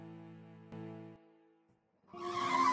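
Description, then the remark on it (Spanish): A car arrives, its engine humming low and steady, dropping briefly, then surging into a loud rev with a rising, whining roar that builds until the end. “Los adolescentes que regresaban tarde para trabajar lo vieron llegar con auto.”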